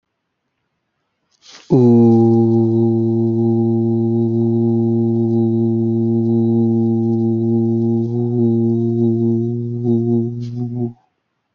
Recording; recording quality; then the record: sustained vowel as in boot; excellent, no background noise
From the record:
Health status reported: healthy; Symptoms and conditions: none ticked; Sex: male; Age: 26 years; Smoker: not ticked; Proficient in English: yes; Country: Canada